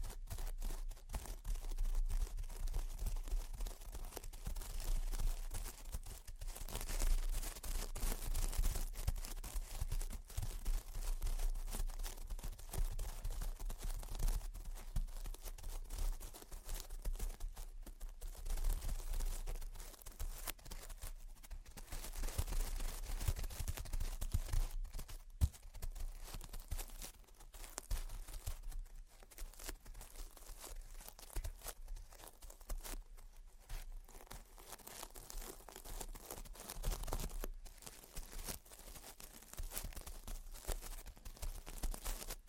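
Gentle tapping and scratching runs throughout, a dense, steady stream of soft crinkly and papery scrapes with quick taps mixed in. Brief pauses and sharper clicks break the flow every few seconds, especially around 6, 18, 25 and 37 seconds, over a faint low rumble.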